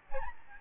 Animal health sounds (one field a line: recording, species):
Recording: mosquito wingbeat signal from an infrared sensor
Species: Aedes albopictus